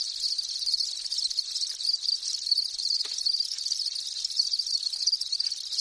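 Insect sound of continuous high, pulsing buzzes, evenly sustained from start to finish, with a brief soft tick near the middle.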